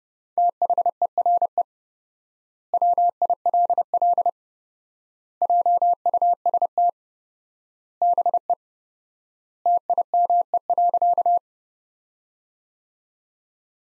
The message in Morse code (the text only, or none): THERE WILL JUST BE TIME.